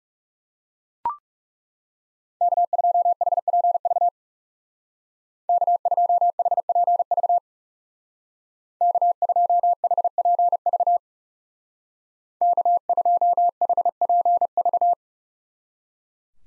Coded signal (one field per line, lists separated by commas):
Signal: Morse code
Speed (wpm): 37 wpm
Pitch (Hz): 700 Hz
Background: none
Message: K2HPV K2HPV K2HPV K2HPV